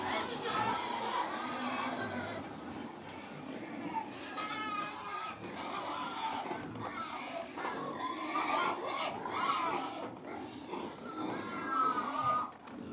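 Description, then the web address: Many pigs squealing and grunting at once, a constant harsh chorus of overlapping squeals with grunts beneath, steady throughout. About 100 pigs feeding; livestock. "BBC Sound Effects Library BBC Livestock 1 Approx 100 Pigs Feeding - Middle"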